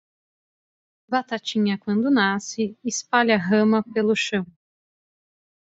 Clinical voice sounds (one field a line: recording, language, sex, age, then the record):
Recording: short text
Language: Brazilian Portuguese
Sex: female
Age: 20 to 29 years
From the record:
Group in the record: control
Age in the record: 29 years